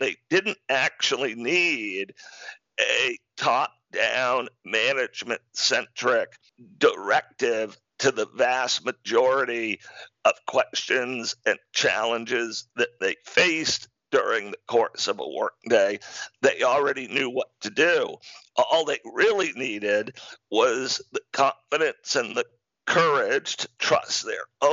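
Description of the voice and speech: Adult male speaker with spasmodic dysphonia, a rare neurological speaking disorder that makes communicating difficult. Diagnosed in 2012 after onset around 2010, with partial recovery over about a decade. His connected speech is choppy, with frequent breaks and pauses.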